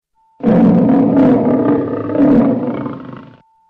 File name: Lion